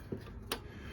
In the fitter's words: Just a good firm push on top, you'll hear it click in place, and that's it.